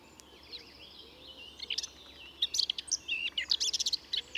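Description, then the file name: Eurasian blackcap song: a quiet scratchy warble that builds after the first second and a half into louder, rapid, varied high notes and short fluty phrases. "Sylvia atricapilla"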